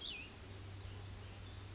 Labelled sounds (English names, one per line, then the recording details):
Cassin's Vireo
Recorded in Sonoma County, California